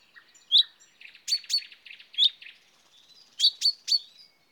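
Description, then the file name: Common chaffinch calls: sharp high chips repeated irregularly, some in quick pairs and triplets, with softer buzzy notes between, in an otherwise quiet background. "Fringilla coelebs"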